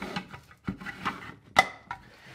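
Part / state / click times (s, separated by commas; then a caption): plastic trap mechanism clipping into its outer tube shell / seated / 1.6 s, 1.9 s. A set plastic mouse trap mechanism is slid back through a slot into its outer tube shell, with light scraping and rubbing as it goes in. Two sharp clicks at 1.6 and 1.9 seconds are its two clips locking it in place, leaving the trap seated in the tube.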